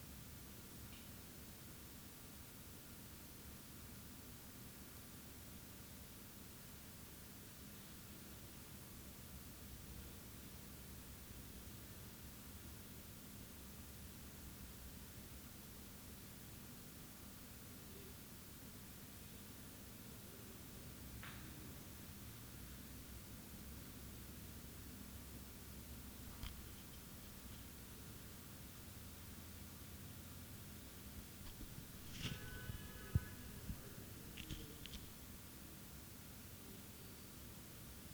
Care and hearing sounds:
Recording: daily activity, guitar pickup as the sensor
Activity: stand

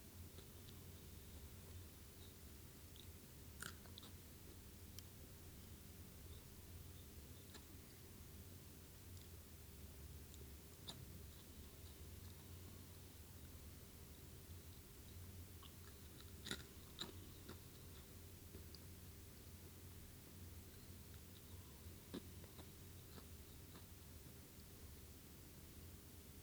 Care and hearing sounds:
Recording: daily activity, guitar pickup as the sensor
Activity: eat

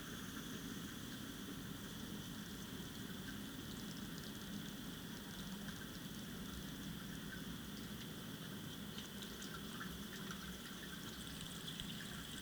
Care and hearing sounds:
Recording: daily activity, guitar pickup as the sensor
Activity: flush

